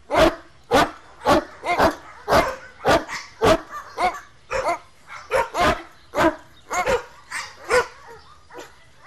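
Dog barking: sharp, loud barks repeated roughly twice a second in a steady run, with short quiet gaps between them.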